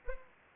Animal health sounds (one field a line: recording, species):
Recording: mosquito wingbeat signal from an infrared sensor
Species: Anopheles arabiensis